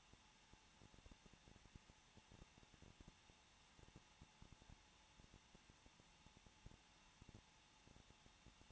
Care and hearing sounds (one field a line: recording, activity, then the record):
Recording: daily activity, microphone in the room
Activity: no activity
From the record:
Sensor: 1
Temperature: 20.0 degrees Celsius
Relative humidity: 39.4%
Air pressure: 1006.4 hPa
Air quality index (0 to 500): 219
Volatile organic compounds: 83 ppm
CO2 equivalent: 3630 ppm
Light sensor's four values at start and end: 1/2/1/1 and 1/2/1/1